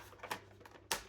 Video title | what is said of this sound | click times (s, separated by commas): [UNBOXING] CYBERGUN Scar L - Polymer - Plastic, but is it fantastic? | and locks back in. | 0.9 s